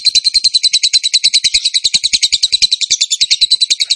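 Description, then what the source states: Bird singing a brisk, regular rattle of high, piercing notes repeated rapidly without pause. Training song for songbirds, in the tembakan gacor style.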